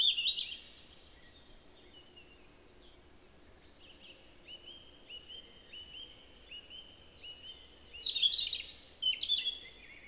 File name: Erithacus rubecula